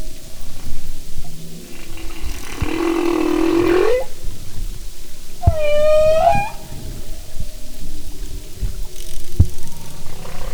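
Humpback whale song with a rising, bending wail, then a sharp upswept cry rich in harmonics, with clicks and low rumble beneath.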